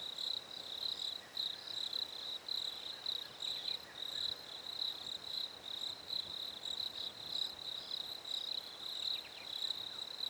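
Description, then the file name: Crickets keep up a high, pulsing trill in regular bursts, while occasional short, falling bird calls cut in at several points. Recorded at a lake in winter; birds also present. "fresh winter lake crickets birds"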